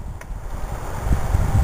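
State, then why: Seated. A replaced spark plug wire boot is pushed down onto the spark plug in an engine and seats with a short, sharp click at 0.2 s. The click rises over a steady, rumbling low-frequency background that grows louder with thumping toward the end.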